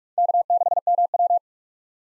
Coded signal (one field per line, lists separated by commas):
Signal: Morse code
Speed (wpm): 42 wpm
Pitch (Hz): 700 Hz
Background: none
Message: K6MW